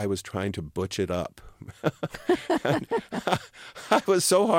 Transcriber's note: laughter